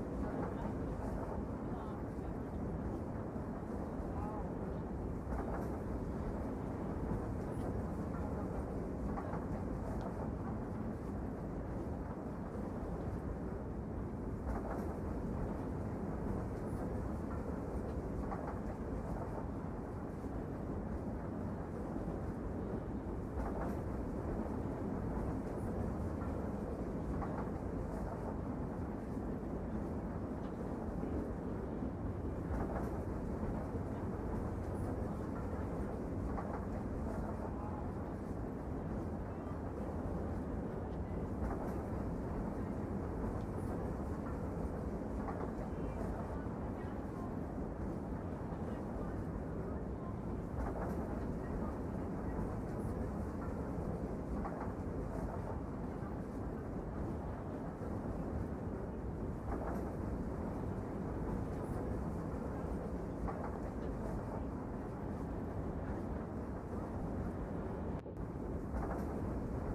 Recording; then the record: background sound without coughing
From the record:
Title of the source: Train Ride Ambience ambient white noise for sleeping, focus, studying, reading